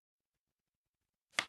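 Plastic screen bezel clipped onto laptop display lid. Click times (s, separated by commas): 1.4 s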